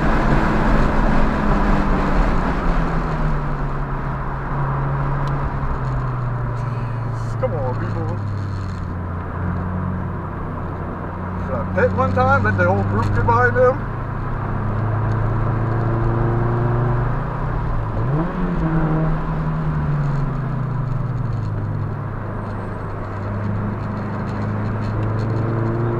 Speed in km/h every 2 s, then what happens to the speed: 138, 98, 85, 71, 63, 66, 71, 81, 82, 82, 60, 56, 66.
0-7 brakes to 63. 7-15 speeds up to 82. 18-21 brakes to 56. 21-26 speeds up to 66.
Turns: 7-16, 20-26.